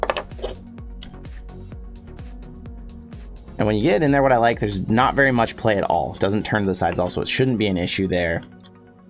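A magnetic charging plug from an ONG Innovations charging station is handled near the battery fitted in an Oculus Quest VR controller, with the battery's contact exposed. A few sharp handling clicks come in the first 1.3 seconds over steady background music, then someone talks from about 3.6 to 8.4 seconds. The plug has not snapped onto the magnet yet, so nothing has seated by the end.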